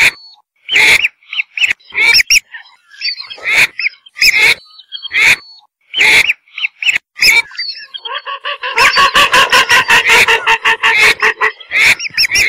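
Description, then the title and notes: Whistling duck calling with clipped, high whistled notes separated by uneven pauses, then breaking into a rapid, rattling run of harmonic notes during the last few seconds. "Kicau Burung Belibis"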